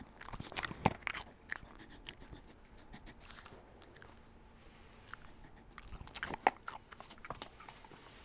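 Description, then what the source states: Dog crunching food in two busier bursts, near the start and again around six and a half seconds, with quieter sporadic bites and clicks between them. A dog eating snacks.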